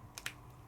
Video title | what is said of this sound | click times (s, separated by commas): #407 Luster Wax, Embossing Powder & Alcohol Ink Markers - Oh My! This is a technique filled class! | and make sure the caps click | 0.2 s, 0.3 s